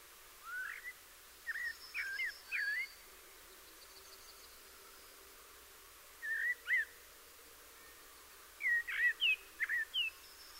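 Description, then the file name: Common blackbird delivering several fluted, slurred whistled phrases with faint high twittering, spaced by quiet gaps of a few seconds. "Turdus merula"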